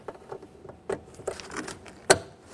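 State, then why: Seated. A vehicle wiring harness connector is pressed into its socket by hand, with quieter plastic rattles and taps leading up to one sharp, loud click at 2.1 seconds. The latch clicks home and the connector is seated.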